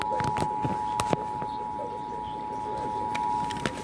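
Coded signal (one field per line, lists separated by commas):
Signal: Emergency Alert System (SAME) tones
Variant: 853 and 960 Hz attention tone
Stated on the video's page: Ohio Required Monthly Test, received on NOAA Weather Radio and relayed by broadcast stations, with music heard while tuning between stations.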